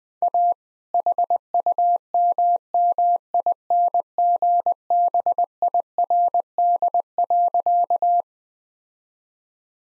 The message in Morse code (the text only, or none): A HUMMINGBIRD.